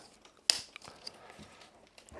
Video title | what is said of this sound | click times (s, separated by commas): OpenGrid Wall Install From Scratch (Real Process, Real Mistakes) | get these snapped back in. | 0.5 s